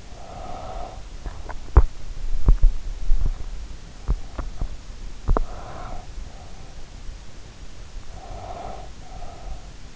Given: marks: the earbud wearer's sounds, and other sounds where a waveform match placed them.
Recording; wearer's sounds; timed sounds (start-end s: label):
sounds in sleep by an in-ear microphone; breath, teeth grinding
0.00-1.52 s: breath
1.47-5.61 s: teeth grinding
5.31-6.24 s: breath
7.94-9.75 s: breath